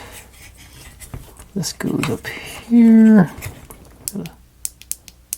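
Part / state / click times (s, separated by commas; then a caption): wooden puzzle part into the model building / seated / 4.7 s, 4.9 s, 5.3 s. Someone talks while a wooden part of a Tonecheer Cape Coffee Shop 3D puzzle is pushed up into position on the model building. Sharp, brief clicks at 4.7, 4.9 and 5.3 seconds mark the piece seating into place.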